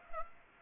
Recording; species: mosquito wingbeat signal from an infrared sensor; Aedes aegypti